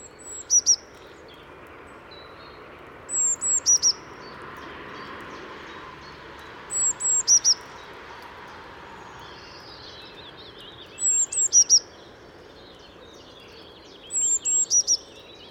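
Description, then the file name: Eurasian blue tit giving high, thin notes in clusters of two to four, the clusters repeated at uneven gaps of about three to four seconds, with constant low background noise. "Cyanistes caeruleus"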